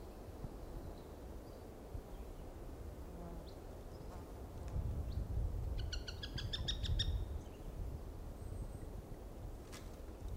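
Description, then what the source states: Cooper's hawk cackle: a quick burst of harsh, evenly spaced notes lasting over a second, over a low rumble. Juvenile bird, recorded on July 21, 1995.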